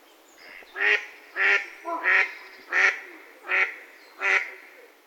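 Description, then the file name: Mallard giving a steady run of harsh, nasal quacks, about six in all, one doubled, repeated roughly every two-thirds of a second. Recorded 4 December 2021 at 12:10. "magamo yoshimi oi"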